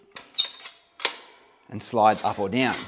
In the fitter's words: all the way out pull until it clicks so